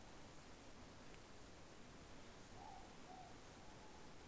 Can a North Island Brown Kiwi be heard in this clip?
no